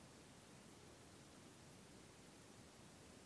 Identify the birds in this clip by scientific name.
none